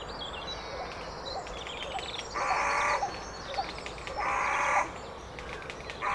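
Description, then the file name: Carrion crow, two drawn-out hoarse caws and the start of a third, over twittering small birds. "Corvus corone"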